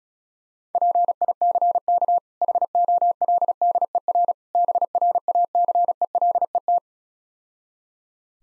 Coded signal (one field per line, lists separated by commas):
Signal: Morse code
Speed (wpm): 36 wpm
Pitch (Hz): 700 Hz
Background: none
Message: PICK HOLDER BRACELET